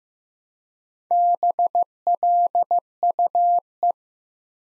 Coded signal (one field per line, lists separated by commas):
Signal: Morse code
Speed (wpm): 15 wpm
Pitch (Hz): 700 Hz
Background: none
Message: BLUE